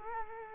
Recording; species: mosquito wingbeat signal from an infrared sensor; Culex quinquefasciatus